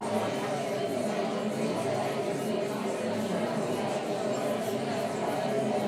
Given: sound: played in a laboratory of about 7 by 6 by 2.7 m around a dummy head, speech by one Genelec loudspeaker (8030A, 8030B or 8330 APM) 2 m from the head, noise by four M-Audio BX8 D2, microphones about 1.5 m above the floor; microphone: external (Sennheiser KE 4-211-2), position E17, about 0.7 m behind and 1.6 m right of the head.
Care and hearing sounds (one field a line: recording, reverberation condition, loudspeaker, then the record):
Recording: babble noise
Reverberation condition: medium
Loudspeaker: four, about 170 cm from the corners of the room and facing them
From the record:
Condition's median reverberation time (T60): about 510 ms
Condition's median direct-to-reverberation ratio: about -0.5 dB